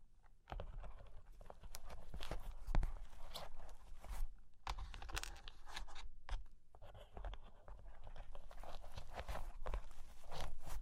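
Fingers scratch and trace over cork and wood in a dense, continuous rustle, with bright scraping strokes and a light crunchy, crinkling texture. Sharp taps punctuate it irregularly, notably near 3 and 5 seconds, with brief pauses around 0.5, 6, and 7 seconds.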